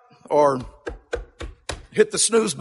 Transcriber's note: knock knock on the desk